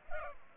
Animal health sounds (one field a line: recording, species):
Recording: mosquito wingbeat signal from an infrared sensor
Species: Culex pipiens